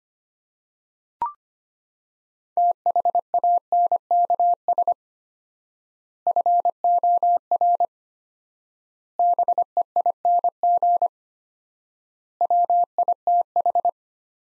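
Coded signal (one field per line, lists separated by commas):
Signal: Morse code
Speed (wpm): 25 wpm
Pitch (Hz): 700 Hz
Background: none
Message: THANKS FOR BEING WITH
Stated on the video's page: Morse practice sending sets of five words at 25 wpm with 4x word spacing, a word-based analogue of Farnsworth spacing.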